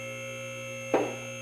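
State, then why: Seated. A two-post car lift (ATLAS Platinum, ALI certified, 10,000 lb) is raised while checking cable balance, and a safety lock engages on each of its left and right towers. A steady electrical hum runs throughout, broken by a single sharp clunk at 0.9 s. The locks seat, so the lift now holds mechanically rather than on the hydraulics.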